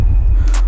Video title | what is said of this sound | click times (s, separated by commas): i7 COMPUTER PC BUILD Under Rs 10,000 | आप एक click की साउंड भी सुन पाएंगे तो | 0.5 s